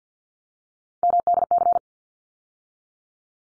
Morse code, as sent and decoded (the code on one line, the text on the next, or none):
-- -.. -.-.
MDC